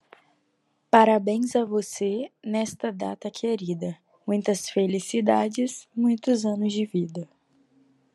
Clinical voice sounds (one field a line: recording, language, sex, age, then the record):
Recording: short text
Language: Brazilian Portuguese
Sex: female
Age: 20 to 29 years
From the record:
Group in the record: control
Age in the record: 21 years